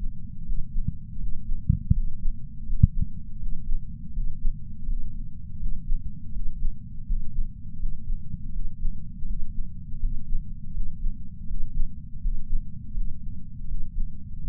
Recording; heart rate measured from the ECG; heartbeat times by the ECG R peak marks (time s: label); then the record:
heart sounds by patch sensor on the chest; 82 bpm
0.44 s: heartbeat
1.18 s: heartbeat
1.92 s: heartbeat
2.65 s: heartbeat
3.38 s: heartbeat
4.12 s: heartbeat
4.85 s: heartbeat
5.58 s: heartbeat
6.31 s: heartbeat
7.05 s: heartbeat
7.78 s: heartbeat
8.51 s: heartbeat
9.25 s: heartbeat
9.99 s: heartbeat
10.73 s: heartbeat
11.46 s: heartbeat
12.20 s: heartbeat
12.93 s: heartbeat
13.67 s: heartbeat
14.40 s: heartbeat
From the record:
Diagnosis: coronary artery disease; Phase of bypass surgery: postoperative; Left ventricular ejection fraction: 59.1%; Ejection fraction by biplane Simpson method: 55%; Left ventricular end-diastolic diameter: 46 mm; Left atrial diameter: 34 mm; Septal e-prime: 8 cm/s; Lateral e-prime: 6.5 cm/s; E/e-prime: 8.7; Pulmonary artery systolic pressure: 22 mmHg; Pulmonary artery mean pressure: 11 mmHg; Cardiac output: 4.38 L/min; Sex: male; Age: 58 years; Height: 160 cm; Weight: 70 kg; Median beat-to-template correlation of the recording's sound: 0.85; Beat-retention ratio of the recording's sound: 0.99